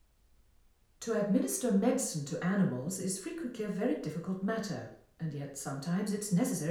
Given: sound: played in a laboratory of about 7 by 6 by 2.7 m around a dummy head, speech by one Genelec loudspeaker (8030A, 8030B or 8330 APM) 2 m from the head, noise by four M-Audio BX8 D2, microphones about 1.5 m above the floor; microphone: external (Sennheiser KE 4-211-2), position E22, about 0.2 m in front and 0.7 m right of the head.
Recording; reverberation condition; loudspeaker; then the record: female speech in English; medium; 150 degrees to the left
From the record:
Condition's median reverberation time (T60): about 510 ms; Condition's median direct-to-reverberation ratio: about -0.5 dB